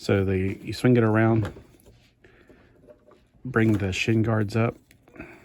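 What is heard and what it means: Someone talks while handling a Transformers Rise of the Beasts Studio Series #98 Voyager Class Cheetor action figure, swinging the part around and bringing the plastic shin guards up so a small peg can go into the leg socket. Only faint handling sounds are heard between the speech, and nothing has seated or clicked into place yet.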